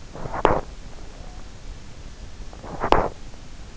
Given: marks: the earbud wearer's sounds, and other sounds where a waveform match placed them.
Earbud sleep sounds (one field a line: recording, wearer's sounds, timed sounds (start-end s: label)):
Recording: sounds in sleep by an in-ear microphone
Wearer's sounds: body movement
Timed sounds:
0.00-0.84 s: body movement
2.40-3.31 s: body movement